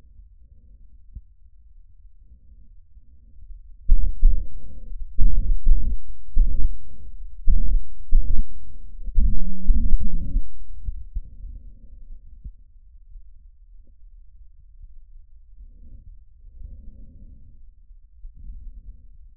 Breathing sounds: lung sounds by stethoscope; trachea; quiet breathing, then cough and speech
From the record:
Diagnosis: asthma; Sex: female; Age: 77 years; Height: 160 cm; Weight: 68.7 kg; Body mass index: 26.6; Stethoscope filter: bell mode

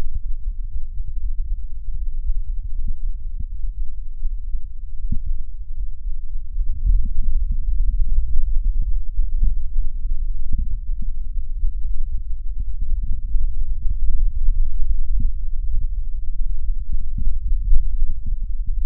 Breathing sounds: lung sounds by stethoscope; right anterior apical chest; quiet breathing, then deep breathing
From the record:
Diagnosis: interstitial lung disease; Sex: male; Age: 61 years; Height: 172 cm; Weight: 71 kg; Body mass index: 24.0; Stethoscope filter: bell mode

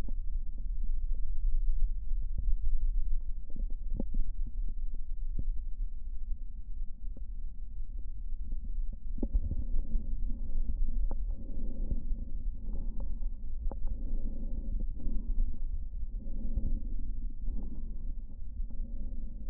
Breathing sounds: lung sounds by stethoscope; right posterior basal chest; quiet breathing, then deep breathing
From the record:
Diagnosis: COPD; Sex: male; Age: 59 years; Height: 175 cm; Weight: 73 kg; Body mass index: 23.8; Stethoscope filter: diaphragm mode

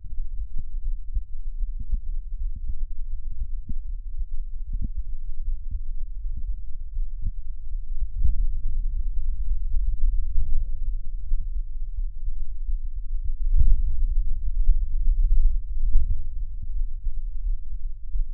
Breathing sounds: lung sounds by stethoscope; left anterior apical chest; quiet breathing, then deep breathing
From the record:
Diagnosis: COPD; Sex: male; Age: 59 years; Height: 171 cm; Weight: 91.4 kg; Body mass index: 31.3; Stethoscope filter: bell mode

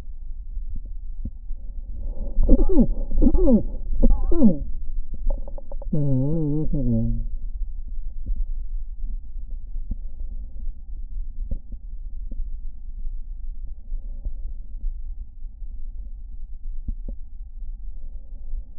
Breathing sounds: lung sounds by stethoscope; right anterior apical chest; quiet breathing, then cough and speech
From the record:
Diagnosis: COPD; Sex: male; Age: 77 years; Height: 164 cm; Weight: 58.2 kg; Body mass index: 21.6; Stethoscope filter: diaphragm mode

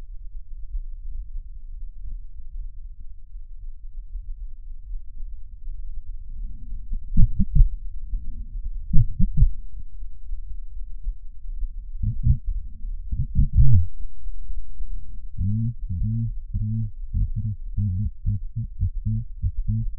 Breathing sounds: lung sounds by stethoscope; right posterior apical chest; quiet breathing, then cough and speech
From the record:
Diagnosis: none (healthy); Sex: male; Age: 29 years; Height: 180 cm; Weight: 100 kg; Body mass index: 30.9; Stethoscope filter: bell mode

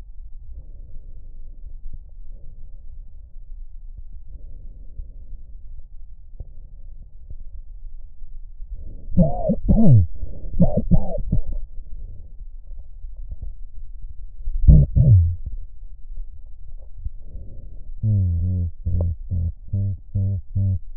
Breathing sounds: lung sounds by stethoscope; left posterior apical chest; quiet breathing, then cough and speech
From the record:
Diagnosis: none (healthy); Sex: male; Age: 34 years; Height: 174 cm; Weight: 93 kg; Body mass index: 30.7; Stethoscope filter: extended mode

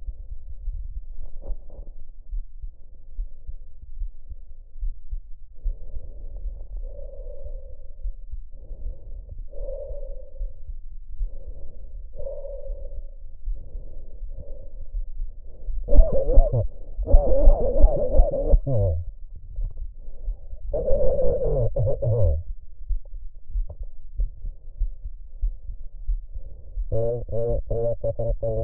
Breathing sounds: lung sounds by stethoscope; trachea; quiet breathing, then cough and speech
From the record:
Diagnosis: none (healthy); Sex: male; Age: 45 years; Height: 173 cm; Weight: 92 kg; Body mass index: 30.7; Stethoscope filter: extended mode

